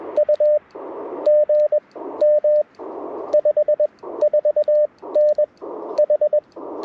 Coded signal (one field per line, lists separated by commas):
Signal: Morse code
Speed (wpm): 21 wpm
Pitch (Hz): 590 Hz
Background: radio noise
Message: U GM 54N H